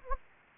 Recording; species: mosquito wingbeat signal from an infrared sensor; Anopheles arabiensis